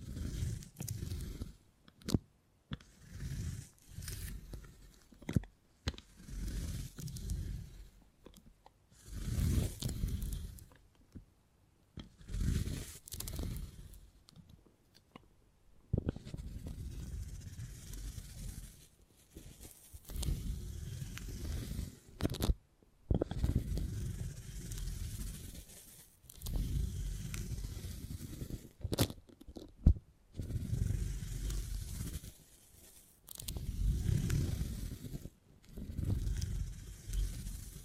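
Beeswax is handled in soft, crackly bursts of squishing and scraping that come and go every second or two, with short silent gaps between them. The sounds are mostly low and muffled, with faint brighter crinkles, and several sharp clicks or taps stand out.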